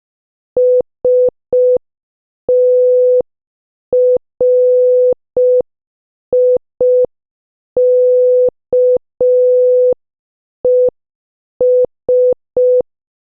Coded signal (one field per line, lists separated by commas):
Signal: Morse code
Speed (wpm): 5 wpm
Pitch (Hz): 500 Hz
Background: none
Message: STRIKES